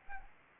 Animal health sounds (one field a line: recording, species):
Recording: mosquito wingbeat signal from an infrared sensor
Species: Anopheles arabiensis